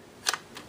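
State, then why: Seated. An aftermarket 3D-printed plastic shotgun shell for a Nerf SledgeFire toy foam blaster is pressed into the shell holder on the blaster's stock. A sharp double click at 0.3 s and 0.3 s is followed by a softer tap at 0.6 s. The shell is seated and holds in place without rattling, fitting just as well as the stock shells.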